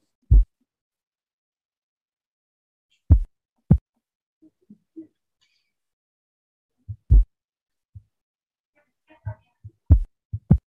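Simulated heart sounds with a sharp, high-pitched extra click: an opening snap due to mitral valve stenosis, heard with the diaphragm at the mitral valve area, not affected by respiration.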